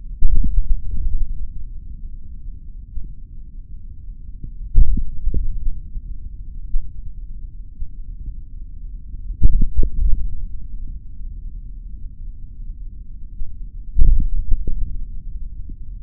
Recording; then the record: forearm muscle sounds (acoustic myography)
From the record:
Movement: finger pinch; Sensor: system 3, bracelet of six PUI Audio POM-2738L microphones around the upper forearm, with dedicated amplification and filtering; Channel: 1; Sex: male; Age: 26 years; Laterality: right